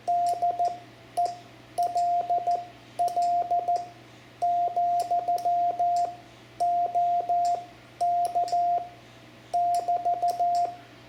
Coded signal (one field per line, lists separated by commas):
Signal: Morse code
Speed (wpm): 14 wpm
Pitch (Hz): 700 Hz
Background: radio noise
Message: DE LL, OK <BT>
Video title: CW Calling CQ and a basic QSO (Lesson 12) Example for a new ham, amateur radio Morse Code